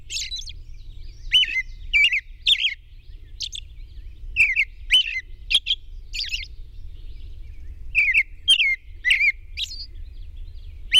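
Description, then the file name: Robin song with groups of high thin notes and falling whistles arriving in bursts, separated by short gaps, over low background noise. At dawn on 21 June 2001. "2001-06-21 Robin Dawn PW"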